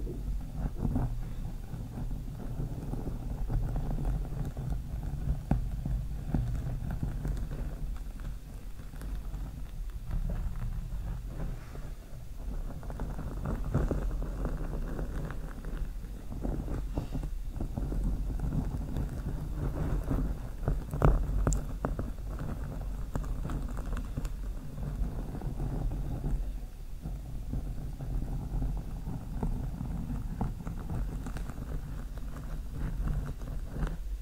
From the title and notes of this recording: 30 MINS OF SLOW MIC SCRATCHING W LONG NAILS.